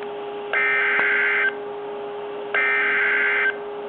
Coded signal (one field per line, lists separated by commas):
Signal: Emergency Alert System (SAME) tones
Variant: header bursts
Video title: {DOUBLE HEADER!} Flood Warning for MY COUNTY!! (EAS #55-56)